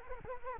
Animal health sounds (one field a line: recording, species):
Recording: mosquito wingbeat signal from an infrared sensor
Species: Culex quinquefasciatus